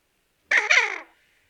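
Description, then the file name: Barrow's goldeneye giving a single short, harsh squawking call about half a second long, with no other sounds. "Golosa ptic - Islandskij gogol Bucephala islandica"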